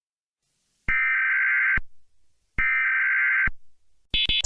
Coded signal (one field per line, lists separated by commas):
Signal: Emergency Alert System (SAME) tones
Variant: header bursts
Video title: EAS Scenario - Chernobyl Reactor Disease -